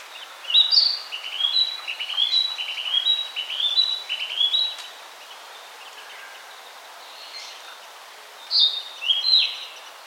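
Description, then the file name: Narcissus flycatcher song: repeated whistled phrases with falling slurs, delivered quickly for several seconds, then a pause before a short final burst. "Ficedula narcissina"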